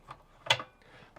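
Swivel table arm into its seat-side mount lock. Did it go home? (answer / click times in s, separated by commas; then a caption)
yes / 0.5 s. A swivelling Lagoon table on its seat-side mount is pushed back over into its stowed position, giving a sharp mechanical clack at 0.5 s with fainter ticks around it. The table locks into place and stays solid.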